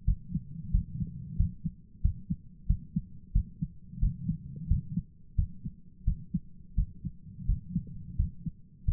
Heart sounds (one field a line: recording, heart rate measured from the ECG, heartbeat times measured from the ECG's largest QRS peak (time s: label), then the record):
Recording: heart sounds by stethoscope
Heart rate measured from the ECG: 89 bpm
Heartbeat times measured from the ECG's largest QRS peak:
0.04 s: heartbeat
0.70 s: heartbeat
1.36 s: heartbeat
2.01 s: heartbeat
2.66 s: heartbeat
3.32 s: heartbeat
3.99 s: heartbeat
4.67 s: heartbeat
5.35 s: heartbeat
6.04 s: heartbeat
6.74 s: heartbeat
7.45 s: heartbeat
8.16 s: heartbeat
8.84 s: heartbeat
From the record:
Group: healthy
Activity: rest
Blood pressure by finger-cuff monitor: 169/86 mmHg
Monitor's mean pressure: 105 mmHg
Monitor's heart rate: 89 bpm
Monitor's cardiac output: 9 L/min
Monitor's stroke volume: 100 mL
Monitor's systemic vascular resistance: 880 dyn s/cm5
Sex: male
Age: 57 years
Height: 188 cm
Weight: 106 kg